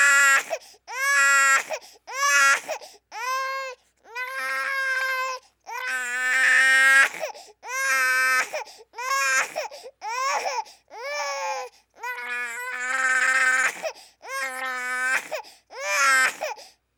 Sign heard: Baby Cry.